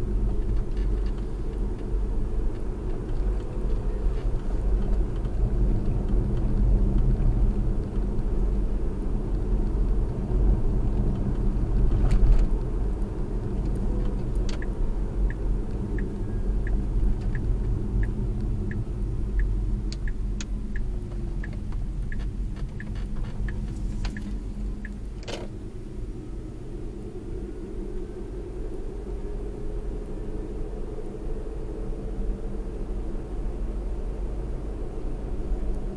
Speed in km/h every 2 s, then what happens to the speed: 44, 48, 50, 50, 50, 50, 48, 44, 37, 29, 21, 24, 32, 40, 47, 50, 52, 53.
0-3 speeds up to 50. 3-12 steady at about 50. 12-19 brakes to 21. 22-29 speeds up to 50. 29-36 steady at about 52.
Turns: 19-22.